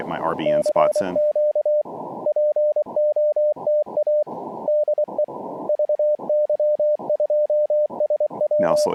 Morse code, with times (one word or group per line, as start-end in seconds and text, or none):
0.5-1.8 CQ
2.3-4.2 POTA
4.7-5.2 DE
5.7-8.9 VY2SW